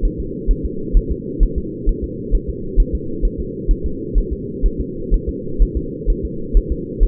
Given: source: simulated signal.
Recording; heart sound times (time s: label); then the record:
fetal heart sounds
0.05 s: S1
0.20 s: S2
0.51 s: S1
0.65 s: S2
0.97 s: S1
1.12 s: S2
1.43 s: S1
1.58 s: S2
1.89 s: S1
2.04 s: S2
2.35 s: S1
2.50 s: S2
2.80 s: S1
2.95 s: S2
3.25 s: S1
3.40 s: S2
3.71 s: S1
3.86 s: S2
4.18 s: S1
4.33 s: S2
4.66 s: S1
4.81 s: S2
5.14 s: S1
5.29 s: S2
5.62 s: S1
5.77 s: S2
6.10 s: S1
6.25 s: S2
6.57 s: S1
6.72 s: S2
7.03 s: S1
From the record:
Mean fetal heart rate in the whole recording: 130 bpm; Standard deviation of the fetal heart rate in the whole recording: 4 bpm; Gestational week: 38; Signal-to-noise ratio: -4.3 dB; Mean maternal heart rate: 72 bpm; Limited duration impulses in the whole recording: present